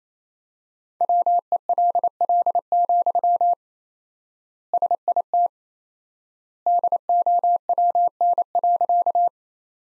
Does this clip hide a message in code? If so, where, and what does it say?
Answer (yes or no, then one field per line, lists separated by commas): yes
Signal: Morse code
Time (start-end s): 1.0-9.3 s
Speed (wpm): 28 wpm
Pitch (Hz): 700 Hz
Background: none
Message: WELL, SIT DOWN.